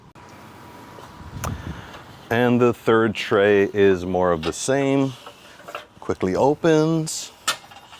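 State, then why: Not seated. The third add-on tray's folding arm on a QuikRStuff Mach 2 hitch bike rack is handled while being unfolded toward its open locked position, as someone talks. Short sharp knocks are heard at about 1.4 s and 7.5 s, but nothing has seated or clicked into place yet.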